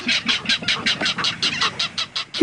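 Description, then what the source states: Ridgway's rail call, a harsh clattering series of about a dozen rapid raspy notes in steady rhythm. Endangered salt marsh bird; habitat restoration and control of predatory cats are improving its chances of survival.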